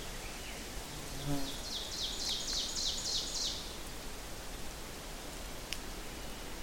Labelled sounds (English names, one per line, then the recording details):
Ovenbird song
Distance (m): 45 m
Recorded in boreal forest in Alberta, Canada, on 4 June 2016 at 08:21
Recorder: SongMeter 3, array SBT-3-51
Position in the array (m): 261 m, 118 m
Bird 28